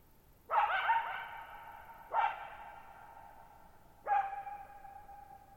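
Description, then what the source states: Coyote letting out three barks, the last stretching into a steady howled tone, with reverberation rolling on after each call. Lone coyote at night, July 14, 2019, Thirtymile Meadows, Okanogan National Forest, Okanogan High Country, 6400 ft (1950 m); tall sharp mountains on a high, mostly dry plateau; shallow bowl-shaped meadow, boggy ground.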